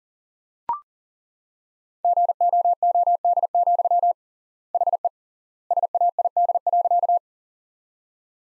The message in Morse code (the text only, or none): GOOD, HE SAID.